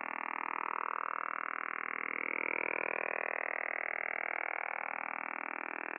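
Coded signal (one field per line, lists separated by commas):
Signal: radar signal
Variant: Kontayner 29B6 OTH radar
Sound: steady rapid buzzing pulse train filling the whole band, harsh and continuous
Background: radio static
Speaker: container transmits between 6.1 and 32 megahertz at all times of the day so the next time you're monitoring the HF bands be sure to listen out and remember it's not the woodpecker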